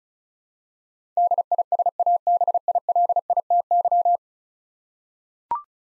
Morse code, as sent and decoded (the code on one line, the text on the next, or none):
-.. .. ... .- -... .. .-.. .. - -.--
DISABILITY